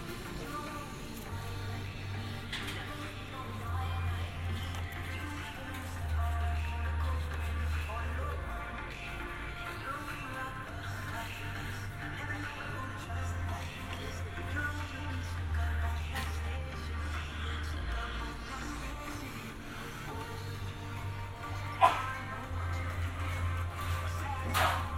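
Amsterdam binaural field recording of a steady low hum that swells and fades, with faint voices, shuffling, and a sharp click near 22 seconds.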